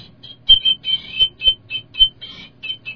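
An ancient Ecuadorian whistle, once connected to a larger body, sounds in a series of loud, piercing, shrill bursts, high-pitched and warbling, repeating in an uneven rhythm with short gaps and no talking.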